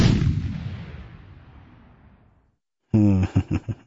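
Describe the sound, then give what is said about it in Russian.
A single sharp pistol shot fired into the air cracks out, followed by a long, rumbling decay that fades to silence over about two seconds before a voice starts speaking. “я, предупредив императора, чтобы он не испугался, выстрелил в воздух.”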